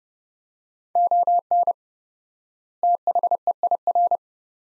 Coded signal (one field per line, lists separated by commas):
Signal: Morse code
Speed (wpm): 30 wpm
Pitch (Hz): 700 Hz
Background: none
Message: ON THEIR